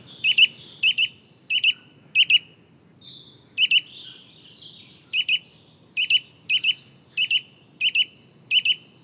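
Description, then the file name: Eurasian nuthatch calls: crisp, high double notes repeated steadily, with a brief pause midway. "Sitta europaea"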